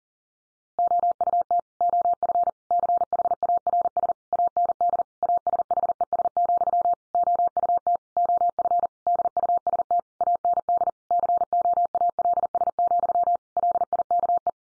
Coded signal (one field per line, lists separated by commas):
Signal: Morse code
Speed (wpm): 40 wpm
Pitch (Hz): 700 Hz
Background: none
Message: OUT OF CHARS AND ASHES, OUT OF DUST AND COALS, LIKE